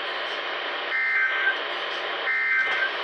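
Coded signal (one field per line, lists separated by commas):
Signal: Emergency Alert System (SAME) tones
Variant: end-of-message bursts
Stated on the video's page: Automated required weekly test EAS tones aired on a radio station.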